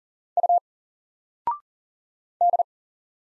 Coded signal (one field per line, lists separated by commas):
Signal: Morse code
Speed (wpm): 40 wpm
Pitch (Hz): 700 Hz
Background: none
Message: U D